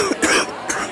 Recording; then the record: coughing mixed with background sound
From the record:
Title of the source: 31 night wet cough